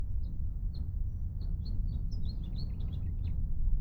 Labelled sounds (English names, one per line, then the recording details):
House Finch song
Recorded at Atlantic Beach West on Long Island, New York, on 2 June 1975
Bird C